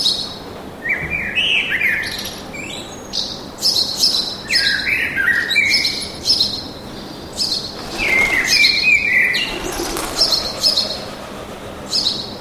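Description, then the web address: Birds twittering almost continuously, with rapid high chirps and sliding notes overlapping, over a faint constant low hum. Birds singing in a park with an urban atmosphere. "sonido de la atmosfera urbana con pajaros cantando en el parque"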